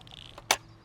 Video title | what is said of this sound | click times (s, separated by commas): Medieval Weapons: Which Is The Deadliest? | until you get a nice click | 0.5 s